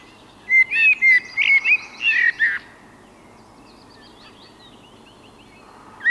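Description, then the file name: Eurasian blackbird song: a rich phrase of fluty, warbling whistles lasting about two seconds, then quiet with faint birds. "koltrast"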